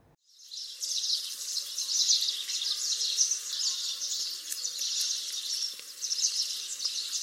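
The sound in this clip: House Sparrow chirping, a dense continuous chatter of high chirps with no clear gaps.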